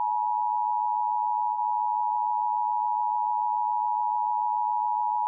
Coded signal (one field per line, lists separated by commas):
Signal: Emergency Alert System (SAME) tones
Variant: 853 and 960 Hz attention tone